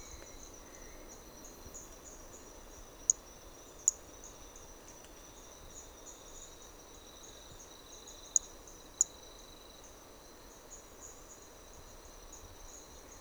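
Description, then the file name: Hermogenes's flea-toad producing high, sharp notes in two spaced pairs, above a steady pulsing insect drone. Recorded at Trilha do Ipiranga; individual 4; the first four notes of the call were lost. "MHNCI Brachy hermogenesi Trilha do Ipiranga ind 4 four starting notes lost"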